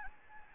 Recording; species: mosquito wingbeat signal from an infrared sensor; Anopheles gambiae